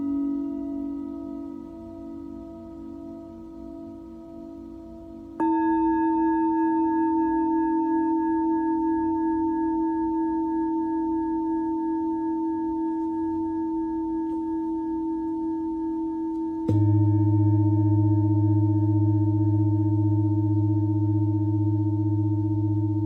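A Tibetan singing bowl rings with a pure, sustained tone and faint overtones above it. The bowl is struck again at about five seconds and at about seventeen seconds. The last strike adds a deeper, louder hum that throbs slowly underneath.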